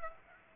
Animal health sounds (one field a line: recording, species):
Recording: mosquito wingbeat signal from an infrared sensor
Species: Aedes aegypti